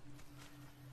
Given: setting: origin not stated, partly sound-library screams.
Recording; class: one-second piece from a danger detection set; normal situation